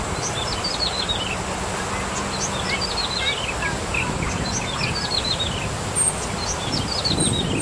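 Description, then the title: Bar-winged prinia song: quick series of high, thin notes sliding downward, repeated in bursts over steady hissing background noise. "Suara Burung Ciblek"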